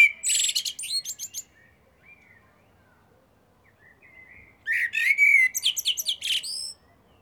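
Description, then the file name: Eurasian blackbird song with two phrases several seconds apart, each of rich whistles mixed with high, squeaky twittering notes. "Turdus merula"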